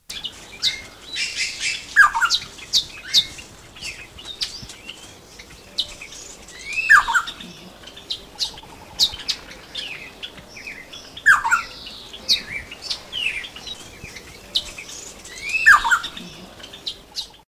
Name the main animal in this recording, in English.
Rusty-cheeked Scimitar Babbler